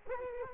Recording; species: mosquito wingbeat signal from an infrared sensor; Culex quinquefasciatus